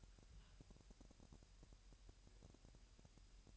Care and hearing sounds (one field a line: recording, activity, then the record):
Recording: daily activity, microphone in the room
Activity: take from stove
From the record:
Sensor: 2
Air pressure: 1001.8 hPa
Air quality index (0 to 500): 245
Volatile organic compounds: 34 ppm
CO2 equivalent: 3043 ppm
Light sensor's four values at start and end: 5/11/4/5 and 5/11/4/5